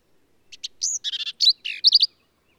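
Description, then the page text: Black-capped Vireo song: one long, elaborate phrase of clicks, a whistled upslur, a rough rattle and a buzzy note, ending in three quick chirps. Male, one individual, singing at Kerr Wildlife Management Area, Hunt, Texas hill country; endangered per U.S. Fish and Wildlife Service; phrases sung alone, truncated, embellished or run together, lively and emphatic. "Birdsong for the Curious Naturalist. Black-capped vireo"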